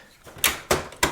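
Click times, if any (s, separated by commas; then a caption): 1.0 s. A toner and drum drawer, held by its handle, is pushed all the way into a Brother HL-L2405W laser printer with a little extra push. Sharp knocks sound at about 0.4 s and 0.7 s, and the drawer clicks and latches into place at 1.0 s, fully seated.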